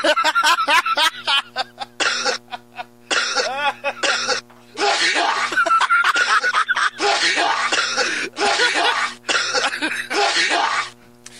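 Loud, explosive voiced bursts repeat several times: an adult's forceful sneeze replayed in a loop.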